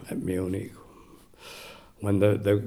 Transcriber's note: breathes in audibly